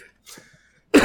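An adult man gives a single cough. He is sick, coming down off a cold.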